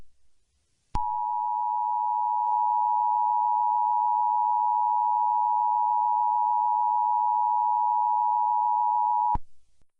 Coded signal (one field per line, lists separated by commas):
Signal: Emergency Alert System (SAME) tones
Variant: 853 and 960 Hz attention tone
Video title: EAS Scenario - The Zodiac Killer's Return (Broken Edition)